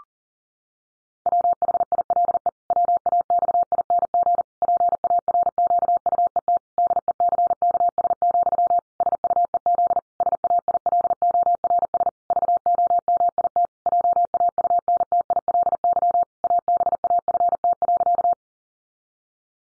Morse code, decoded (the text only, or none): WHILE WAXING PARQUET DECKS, SUEZ SAILORS VOMIT JAUNTILY ABAFT.